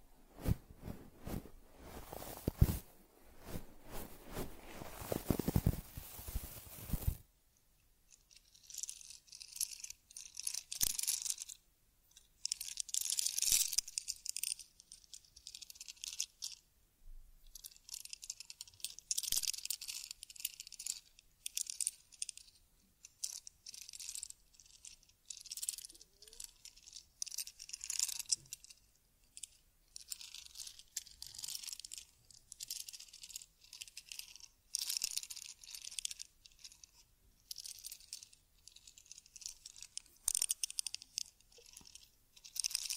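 Teddy bear grooming with a loud full rustle for the first seven seconds, then soft repeated bright brushing and scratching strokes in uneven bursts.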